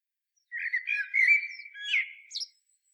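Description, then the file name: Common blackbird singing one short strophe: a smooth fluted warble that ends in a sharp, high squeaky flourish, with silence before and after. "Turdus merula"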